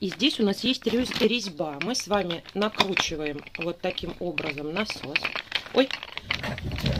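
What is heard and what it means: A hand pump's threaded nozzle is being screwed onto the plastic valve of a vacuum storage bag while someone talks, with faint handling noises under the speech and a short sharp sound at 6.9 s. The pump is not yet home on the valve; nothing has seated or clicked yet.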